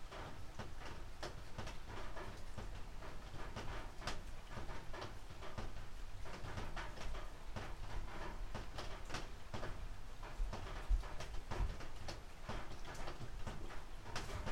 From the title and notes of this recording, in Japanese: しとしと冷たい雨の日。